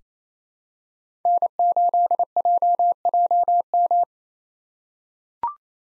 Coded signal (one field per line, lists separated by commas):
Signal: Morse code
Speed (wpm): 28 wpm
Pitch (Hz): 700 Hz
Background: none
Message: N8JJM